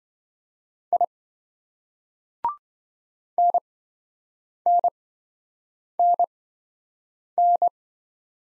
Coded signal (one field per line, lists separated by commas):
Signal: Morse code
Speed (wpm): 27 wpm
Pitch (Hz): 700 Hz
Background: none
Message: I NNNN